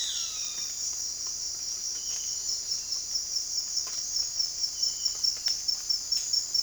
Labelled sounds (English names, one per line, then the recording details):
none
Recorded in secondary vegetation near Puerto Asís, Putumayo, Colombia, on 20 December 2024 at 06:30
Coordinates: 0.484, -76.319
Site GP06